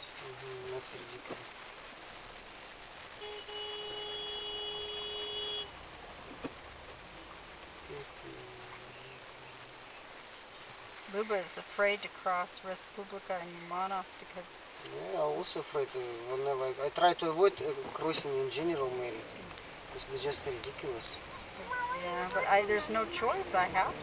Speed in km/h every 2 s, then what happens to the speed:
3, 0, 0, 0, 2, 0, 0, 0, 0, 0, 9, 14.
1-18 standing. 18-24 pulls away to 14.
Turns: none.